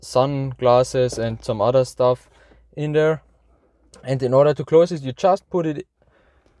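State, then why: Not seated. Someone talks while handling the lid of a storage compartment in a car's interior console that holds sunglasses and other items, about to push it closed with one finger so it locks. Nothing has seated or clicked yet; the lid is not yet locked shut when the clip ends.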